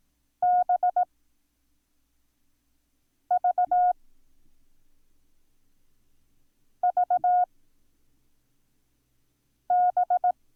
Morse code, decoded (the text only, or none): B V V B